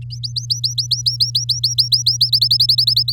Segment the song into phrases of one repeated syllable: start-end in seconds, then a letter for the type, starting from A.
0.10-2.30 A, 2.33-3.12 B